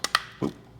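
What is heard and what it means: A printed plastic cable drag chain piece is pressed into its mount on a Bambu Lab A1 3D printer, giving two sharp, bright plastic clicks at 0.0 and 0.2 seconds. A duller, lower thump follows at about 0.4 seconds, and the piece is seated in place.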